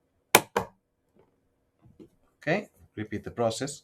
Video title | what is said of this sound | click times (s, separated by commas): How to Build a Budget Gaming PC - Beginners Guide - feat. Ryzen 1600 AF | you cannot go wrong just put it nicely until you hear the click okay | 0.4 s